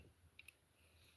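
A handcuff lock is worked with a straight tool, and its metal pawl in the cuff bow releases. Two short, sharp metal clicks sound at 0.4 s and 0.5 s over a faint low hum, and the cuff opens.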